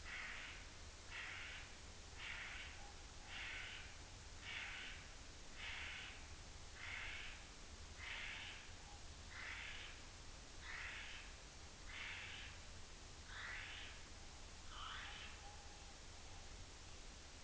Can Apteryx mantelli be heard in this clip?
yes